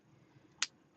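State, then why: Seated. A screw-down punch tool is tightened onto a metal bottle cap until its die punches through. After a quiet stretch, one sharp, bright click sounds at 0.6 seconds, then fades fast as the punch goes through the cap.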